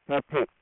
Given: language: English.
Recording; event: throat vibration sensor signal played as sound; speech